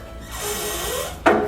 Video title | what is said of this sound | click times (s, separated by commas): NordicTrack Commercial 1750 Treadmill Review (2017 Model) | so you'll hear the click | 1.3 s